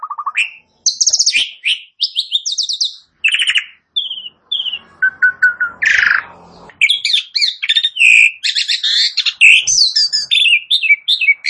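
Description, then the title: Asian pied starling song with mixed whistles, clicks and rattling phrases, briefly broken by a noisy pause before the chattering resumes, denser. Bird begins singing within less than a minute. "Belum Satu Menit Jalak Suren Langsung Bunyi"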